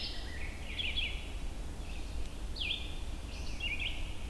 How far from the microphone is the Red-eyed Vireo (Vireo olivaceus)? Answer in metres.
about 35 m